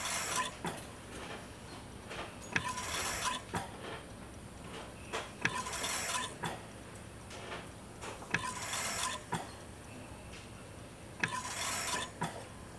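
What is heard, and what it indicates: A hospital ventilator.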